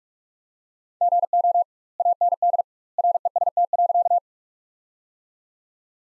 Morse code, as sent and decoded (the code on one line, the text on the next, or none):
--. --- / .- -. -.. / .-. . ... - .-.-.-
GO AND REST.